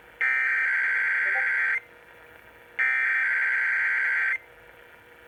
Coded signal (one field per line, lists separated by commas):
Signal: Emergency Alert System (SAME) tones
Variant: header bursts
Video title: KDKA RWT (5/9/21) EAS 239-240